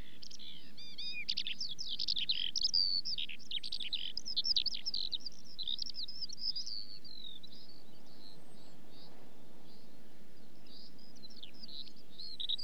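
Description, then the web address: Eurasian skylark singing a fast, unbroken flow of high twittering and trilling phrases, busiest early then thinning briefly before resuming, with soft low rumble beneath. Song given during song flight. "BBC Sound Effects Library. Skylark"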